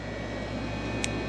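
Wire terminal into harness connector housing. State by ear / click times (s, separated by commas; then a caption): seated / 1.0 s. A wire terminal is pushed into a plastic harness connector housing while building the harness for an EFlexFuel Pro kit being installed on a 370Z. Over a steady low hum, one short, sharp, bright click sounds at 1.0 s as the terminal seats, and it is confirmed to be in.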